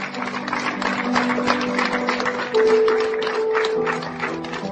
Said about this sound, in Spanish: Vengan, Dios les bendiga. Ese aplauso fuerte para el Dios de gloria, hermano. ¡Aleluya!